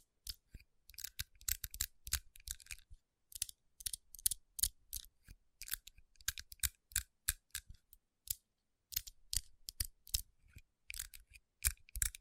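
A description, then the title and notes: Sharp, bright taps and clicks on rhinestone-covered palms come in quick irregular bursts, with brief pauses near four, eight and eleven seconds. Tapping & Rubbing Rhinestone Covered Palms.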